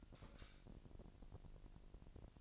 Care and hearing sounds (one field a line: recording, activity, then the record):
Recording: daily activity, microphone in the room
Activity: light off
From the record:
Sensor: 5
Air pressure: 1002.0 hPa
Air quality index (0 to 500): 226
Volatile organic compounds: 30 ppm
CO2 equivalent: 2947 ppm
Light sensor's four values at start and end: 15/37/15/16 and 15/35/14/16